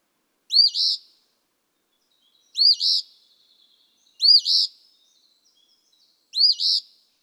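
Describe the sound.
Eastern phoebe song: four two-part phrases, a clear note then a buzzy burry ending, repeated about every two seconds against a quiet background.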